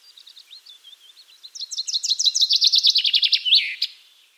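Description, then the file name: Common chaffinch: soft wavering notes lead into a loud trill of repeated notes, descending and closing with a terminal flourish and a sharp final note. "Fringilla coelebs"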